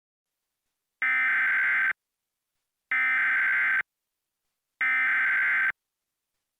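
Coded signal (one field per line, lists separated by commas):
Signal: Emergency Alert System (SAME) tones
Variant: header bursts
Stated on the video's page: Fictional EAS scenario in analog horror style, not a real alert.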